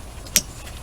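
A wiper motor part on a 2010 Toyota Venza is slid into a track on the wiper linkage transmission and pushed on until it snaps into place. A single sharp, bright click is heard at 0.4 s over a quiet background, and the part is confirmed seated.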